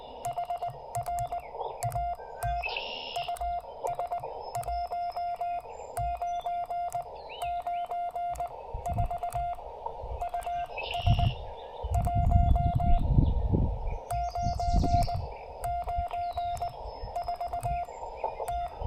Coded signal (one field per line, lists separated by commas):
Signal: Morse code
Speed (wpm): 19 wpm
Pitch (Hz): 700 Hz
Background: none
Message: HR AT US1994 US1994 T